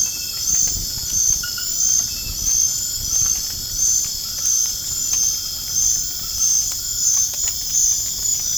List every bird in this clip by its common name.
none